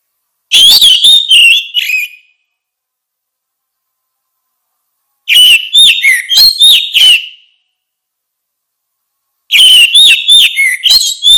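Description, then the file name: Orange-headed thrush song given in three separate bursts of fast, jumbled whistles and chirps, each lasting about two seconds, with a few seconds of silence between. "suara kicau burung anis merah"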